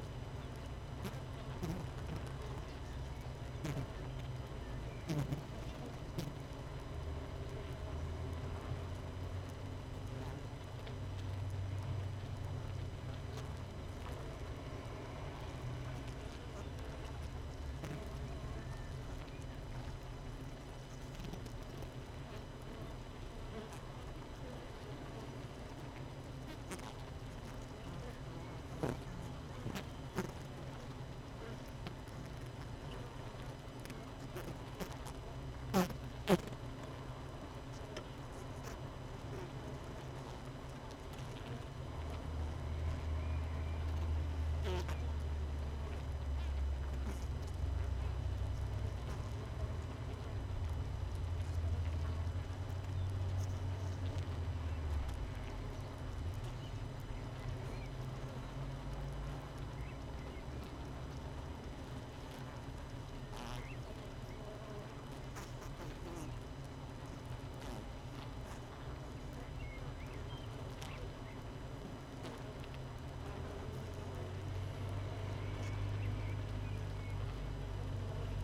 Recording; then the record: honeybee colony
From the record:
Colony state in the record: missing queen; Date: 31 May 2018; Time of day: 7:03